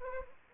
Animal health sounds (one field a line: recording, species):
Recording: mosquito wingbeat signal from an infrared sensor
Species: Anopheles arabiensis